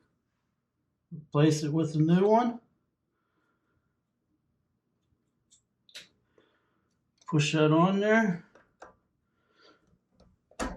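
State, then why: Seated. Someone talks while fitting a new seal into a Fluidmaster toilet fill valve to fix a toilet that won't stop running, then pushes the valve's plastic top cap back down and turns it slightly. A few small handling clicks are heard before a sharp snap at 10.6 s as the cap locks onto the valve body and seats.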